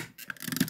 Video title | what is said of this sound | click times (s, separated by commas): Vidéo présentation de mets Lego épisode 1 | Hop, là j'ai bien clipsé. | 0.3 s, 0.6 s